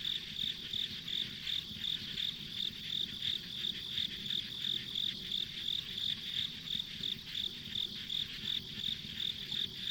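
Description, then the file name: Shrill insect chirps beat steadily around three times per second, over a dense high insect drone and a faint low rumble. Ambient insect sounds recorded on a country road. "田舎道の虫の環境音"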